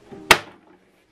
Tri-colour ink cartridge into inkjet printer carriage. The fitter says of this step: okay you here click sand okay and